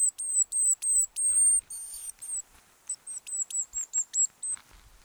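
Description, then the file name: Eurasian blue tit giving thin, very high, slightly falling notes in quick series, broken by a brief rasping burst in the middle. "Cyanistes caeruleus"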